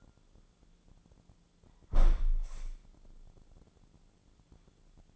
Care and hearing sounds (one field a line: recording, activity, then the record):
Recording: daily activity, microphone in the room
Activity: close window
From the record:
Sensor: 5